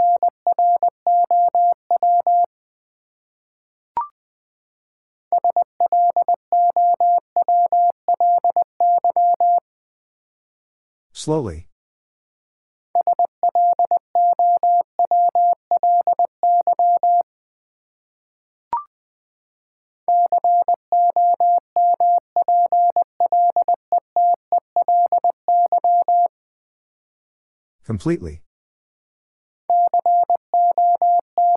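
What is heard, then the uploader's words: Morse code beeps in a steady mid-pitched tone, sent in fast bursts of short and long pulses separated by brief pauses. Around 11 and 28 seconds, short sweeping noises cut in, and two faint clicks sound near 4 and 19 seconds. Sentences from Top 1100 Words - New Word Drill v2 - 20wpm. First, the word is sent in Morse code. Then it is spoken.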